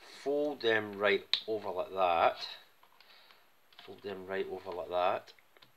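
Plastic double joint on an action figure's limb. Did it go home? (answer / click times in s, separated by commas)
no / none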